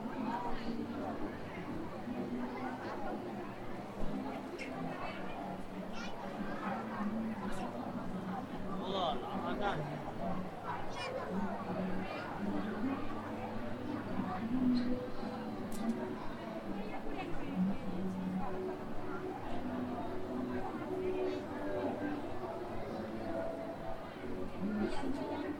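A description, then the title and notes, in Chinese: A dense crowd murmurs steadily at Hongya Cave in Chongqing, overlapping voices, with a low hum and occasional sharper calls. 重庆洪崖洞。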